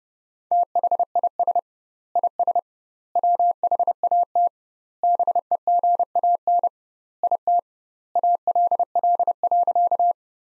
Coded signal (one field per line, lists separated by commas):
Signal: Morse code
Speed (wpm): 30 wpm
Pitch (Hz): 700 Hz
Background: none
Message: THIS IS WHAT BEGAN IT ALL.